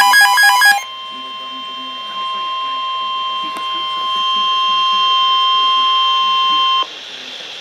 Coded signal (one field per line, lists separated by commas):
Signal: Emergency Alert System (SAME) tones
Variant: 1050 Hz attention tone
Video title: EAS 78 Severe Thunderstorm Warning